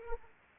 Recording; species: mosquito wingbeat signal from an infrared sensor; Aedes aegypti